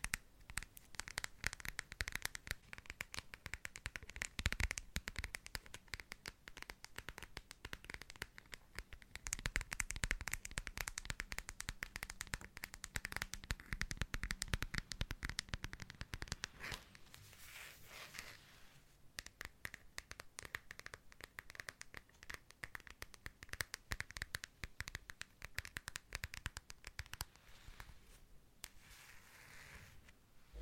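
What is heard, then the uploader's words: Fingers tap and scratch across assorted small objects. The taps come fast and dense as crisp clicks with papery rustles, easing slightly after about seventeen seconds before picking up again, with faint crinkling between bursts. Tapping random objects such as an old passport, a handmade calendar, Rubik's cube and a hot water bottle.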